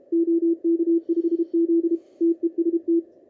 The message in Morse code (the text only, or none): OK5Z TEST